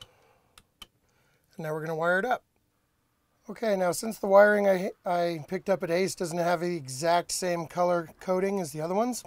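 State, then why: Seated. A used generator start toggle/rocker switch for a Cummins Onan 4000 watt generator is pushed into a hole cut in an RV interior wall panel until its retaining clips snap in. Sharp tick-like clicks come at 0.6 s and 0.8 s as the switch seats in place, and then someone talks.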